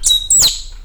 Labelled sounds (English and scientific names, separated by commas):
Stitchbird (Notiomystis cincta) song